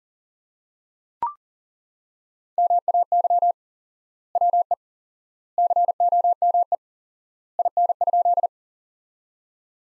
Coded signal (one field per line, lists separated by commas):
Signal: Morse code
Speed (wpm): 40 wpm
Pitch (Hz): 700 Hz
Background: none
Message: MAY WE COME IN?